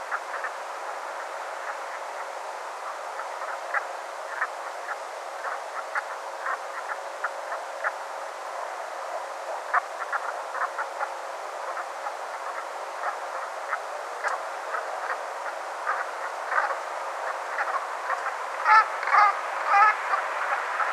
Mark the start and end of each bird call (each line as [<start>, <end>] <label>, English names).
[0.11, 0.48] Brent Goose
[1.66, 2.23] Brent Goose
[3.18, 3.80] Brent Goose
[4.40, 4.46] Brent Goose
[4.88, 4.93] Brent Goose
[5.43, 6.00] Brent Goose
[6.45, 6.93] Brent Goose
[7.23, 7.56] Brent Goose
[7.83, 7.89] Brent Goose
[9.73, 11.05] Brent Goose
[11.76, 12.10] Brent Goose
[12.45, 12.63] Brent Goose
[13.02, 13.11] Brent Goose
[13.68, 13.75] Brent Goose
[14.23, 14.35] Brent Goose
[14.72, 14.79] Brent Goose
[15.08, 15.14] Brent Goose
[15.45, 15.51] Brent Goose
[15.86, 16.68] Brent Goose
[17.26, 17.78] Brent Goose
[18.09, 18.15] Brent Goose
[18.64, 19.31] Brent Goose
[19.69, 20.17] Brent Goose
[20.50, 20.85] Brent Goose